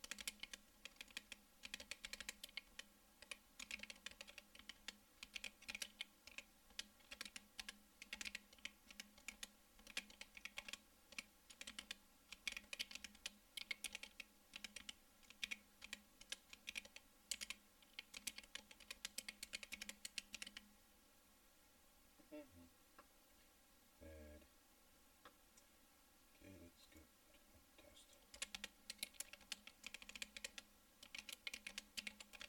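Fast, dense typing on an ergonomic keyboard, key clicks tumbling out in quick irregular bursts for the first twenty seconds. The typing then stops, leaving a low steady hum with a few isolated thuds, before rapid keystrokes resume near the end.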